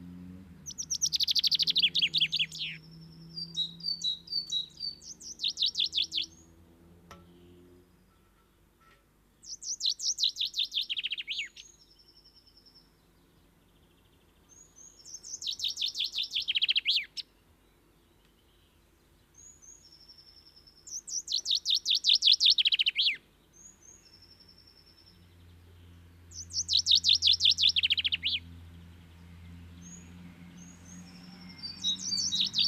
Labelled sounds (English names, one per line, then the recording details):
Common Chaffinch song
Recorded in the wild
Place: Kaiserslautern, Rheinland-Pfalz, DE
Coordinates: 49.4247, 7.77889
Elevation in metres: 279
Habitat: garden
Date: 1983-05-23
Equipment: Nagra IV, Sennheiser MKH 405, Parabolreflektor
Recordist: Tretzel, Erwin